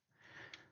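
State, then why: Partly seated. A plastic brick sub-assembly is carefully pressed onto the model body, with a soft, rising rustle of pressure and friction before a single sharp click at 0.5 s. The piece seats on one side only, leaving the other side not yet seated.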